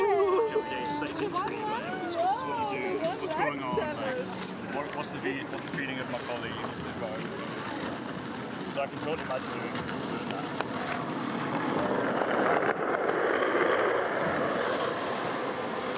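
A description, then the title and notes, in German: Hundreds of people go about their activities on the Tempelhofer Freiheit in Berlin, a dense, steady wash of many overlapping voices with rising and falling speech in the first half. A low continuous rumble runs underneath, and the crowd noise swells slightly after twelve seconds. Diese Folge wurde auf der Tempelhofer Freiheit in Berlin aufgenommen. Hunderte Menschen gehen ihren Beschäftigungen nach. Vorbeiziehende spazierende Menschen geben kurze Gesprächsfetzen.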